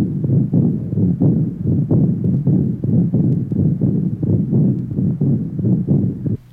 Age 41 aortic stenosis and insufficiency, left sternal border area.